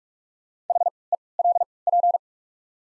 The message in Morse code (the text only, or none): HELP